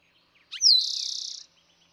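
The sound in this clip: Eastern towhee song: a few quick low notes, a sharp downward slur, then a fast buzzy trill.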